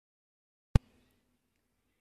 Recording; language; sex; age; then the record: spoken sentence; Brazilian Portuguese; female; 40 to 49 years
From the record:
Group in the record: control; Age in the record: 42 years